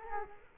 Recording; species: mosquito wingbeat signal from an infrared sensor; Culex quinquefasciatus